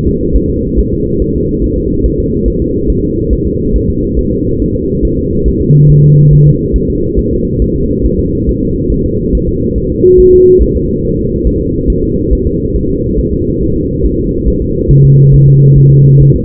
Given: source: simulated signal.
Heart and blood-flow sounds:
fetal heart sounds
0.07 s: S2
0.36 s: S1
0.50 s: S2
0.79 s: S1
0.93 s: S2
1.22 s: S1
1.36 s: S2
1.64 s: S1
1.78 s: S2
2.06 s: S1
2.20 s: S2
2.48 s: S1
2.62 s: S2
2.90 s: S1
3.04 s: S2
3.33 s: S1
3.47 s: S2
3.76 s: S1
3.90 s: S2
4.19 s: S1
4.33 s: S2
4.62 s: S1
4.76 s: S2
5.05 s: S1
5.19 s: S2
5.48 s: S1
5.62 s: S2
5.90 s: S1
6.04 s: S2
6.33 s: S1
6.47 s: S2
6.76 s: S1
6.90 s: S2
7.19 s: S1
7.33 s: S2
7.62 s: S1
7.76 s: S2
8.05 s: S1
8.19 s: S2
8.49 s: S1
8.63 s: S2
8.92 s: S1
9.06 s: S2
9.35 s: S1
9.49 s: S2
9.78 s: S1
9.92 s: S2
10.20 s: S1
10.34 s: S2
10.62 s: S1
10.76 s: S2
11.05 s: S1
11.19 s: S2
11.47 s: S1
11.61 s: S2
11.90 s: S1
12.04 s: S2
12.33 s: S1
12.47 s: S2
12.76 s: S1
12.90 s: S2
13.19 s: S1
13.33 s: S2
13.62 s: S1
13.76 s: S2
14.05 s: S1
14.19 s: S2
14.48 s: S1
14.62 s: S2
14.91 s: S1
15.05 s: S2
15.34 s: S1
15.48 s: S2
15.78 s: S1
15.92 s: S2
16.22 s: S1
16.35 s: S2
From the record:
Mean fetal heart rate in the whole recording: 140 bpm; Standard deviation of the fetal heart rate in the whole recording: 2 bpm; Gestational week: 34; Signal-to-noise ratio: -10.2 dB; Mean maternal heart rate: 72 bpm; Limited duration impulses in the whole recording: present

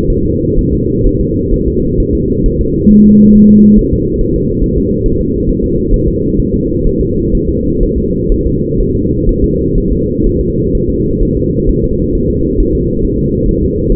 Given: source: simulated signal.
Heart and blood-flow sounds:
fetal heart sounds
0.10 s: S1
0.25 s: S2
0.59 s: S1
0.73 s: S2
1.06 s: S1
1.21 s: S2
1.54 s: S1
1.68 s: S2
2.00 s: S1
2.15 s: S2
2.46 s: S1
2.61 s: S2
2.91 s: S1
3.06 s: S2
3.35 s: S1
3.50 s: S2
3.79 s: S1
3.93 s: S2
4.21 s: S1
4.36 s: S2
4.64 s: S1
4.78 s: S2
5.06 s: S1
5.21 s: S2
5.49 s: S1
5.64 s: S2
5.94 s: S1
6.08 s: S2
6.39 s: S1
6.54 s: S2
6.87 s: S1
7.01 s: S2
7.35 s: S1
7.49 s: S2
7.83 s: S1
7.98 s: S2
8.32 s: S1
8.47 s: S2
8.80 s: S1
8.95 s: S2
9.29 s: S1
9.44 s: S2
9.78 s: S1
9.92 s: S2
10.27 s: S1
10.41 s: S2
10.75 s: S1
10.90 s: S2
11.23 s: S1
11.37 s: S2
11.69 s: S1
11.84 s: S2
12.15 s: S1
12.30 s: S2
12.60 s: S1
12.75 s: S2
13.05 s: S1
13.19 s: S2
13.49 s: S1
13.63 s: S2
13.92 s: S1
From the record:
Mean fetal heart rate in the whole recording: 130 bpm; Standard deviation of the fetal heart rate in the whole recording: 4 bpm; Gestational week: 38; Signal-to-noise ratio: -14.7 dB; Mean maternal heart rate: 72 bpm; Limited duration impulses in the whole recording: present

